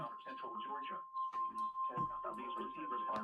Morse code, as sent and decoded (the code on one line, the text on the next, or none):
none